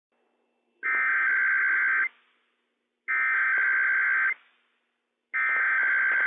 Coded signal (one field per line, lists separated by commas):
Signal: Emergency Alert System (SAME) tones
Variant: header bursts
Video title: IPAWS Required Weekly Test - WWF56 - EAS #121 - 11:01 AM PDT 6/28/21